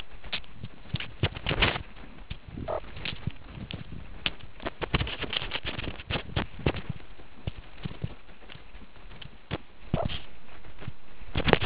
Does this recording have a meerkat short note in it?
no